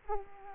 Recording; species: mosquito wingbeat signal from an infrared sensor; Culex quinquefasciatus